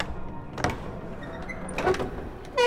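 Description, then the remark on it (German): An old church door barely hanging on its hinges creaks open, a few scraping, rasping squeaks with a brief knock midway, ending in a louder grinding creak. “Die Tür hält sich kaum in den Angeln.”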